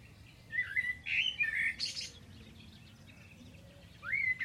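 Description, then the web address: Bird calls, a few squeaky warbled notes and a buzzy burst, a pause, then a rising whistle, over low background noise. "Deverinetal. Bird Only"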